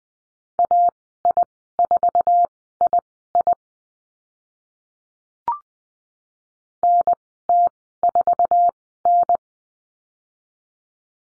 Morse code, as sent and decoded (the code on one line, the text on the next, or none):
.- .. ....- .. .. / -. - ....- -.
AI4II NT4N